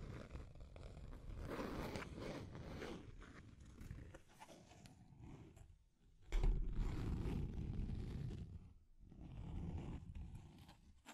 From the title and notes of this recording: Deep Scratching. (No Talking).